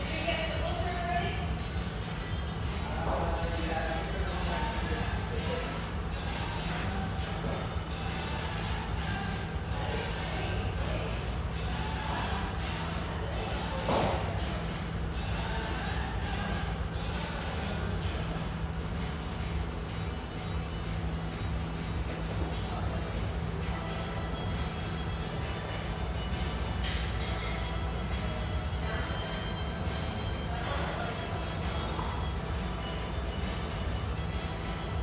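A steady hum fills an espresso house near the Vancouver riverfront, with a constant low drone underneath throughout. Voices murmur indistinctly over it, and light clinks and brief clatters pop up now and then, one sharper knock around fourteen seconds.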